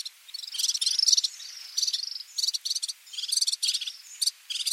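Fire-fronted serin twittering in quick, tinkling trilled bursts, some run together into longer chattering phrases, with faint sliding whistles in the background.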